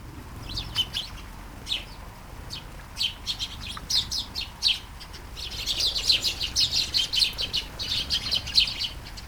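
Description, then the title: Sparrows calling with scattered single chirps at first, building to a thicker run of rapid chirps in the second half, over steady background hiss. Sparrows flying in a garden in Taastrup, Denmark, early morning during a light shower; recorded with a Sony PCM-D100, internal microphones. "Kærengen 8, 2630 Taastrup, Denmark - Flying sparrows"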